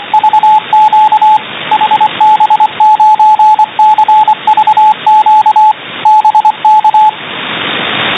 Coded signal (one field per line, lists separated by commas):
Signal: Morse code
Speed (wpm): 25 wpm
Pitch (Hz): 860 Hz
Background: radio noise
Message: VQ HB9CVQ BK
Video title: SDR 28 MHz USB Morse Code